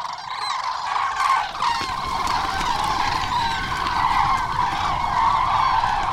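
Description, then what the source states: Common Crane flight calls from a flock, many overlapping trumpeting and bugling notes forming a steady chorus without pause. Cranes taking off and joining others already airborne after resting at roost, running a few metres with spread wings; young birds among adults; late February, small lagoon, Cabañeros, Spain; start of return to central and northern European breeding grounds.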